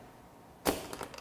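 A small nut driver presses the spring-loaded retaining ring on the head of a Makita XRW01 LXT 18-volt cordless ratchet, and the interchangeable drive anvil pops out with a sharp click at 0.7 s. A few faint, quick ticks follow as the anvil is released.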